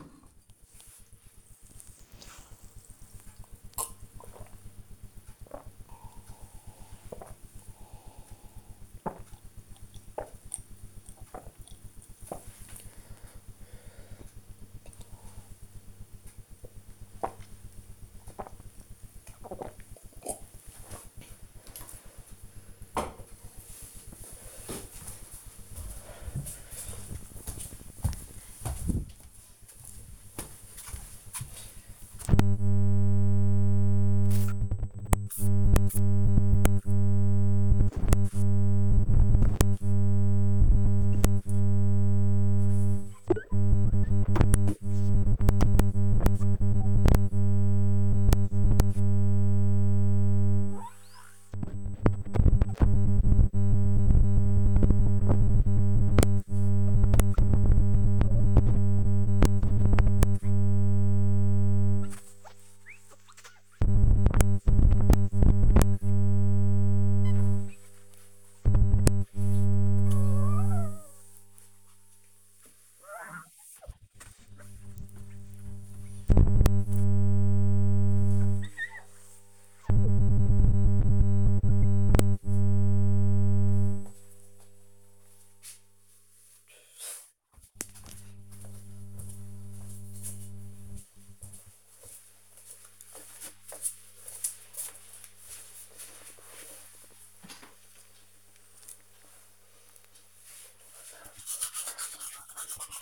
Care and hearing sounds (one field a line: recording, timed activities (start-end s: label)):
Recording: household activities, microphone on the right wrist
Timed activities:
0.00-21.27 s: drinking
33.34-82.58 s: window cleaning
99.64-103.02 s: brushing teeth